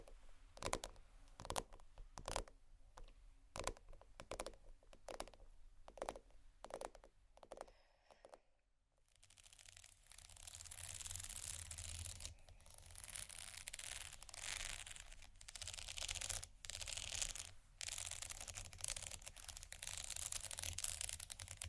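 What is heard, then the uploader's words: Slow, regular taps on metal open the clip, about two per second, sharp clicks over a quiet hum until around eight seconds. After a brief pause, dry hands scratch and crinkle against vinyl in a dense, bright rustle that swells and dips to the end. Vinyl, Metal, Slow, Tapping, Scratching, Dry Hands, Crinkle (No Talking).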